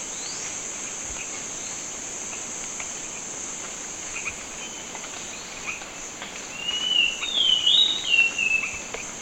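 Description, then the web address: Thrush-like schiffornis song, one slurred whistled phrase rising then dropping near the end, over a steady high insect drone throughout. Ecuador. "Birds of Ecuador. Thrush-like Schiffornis"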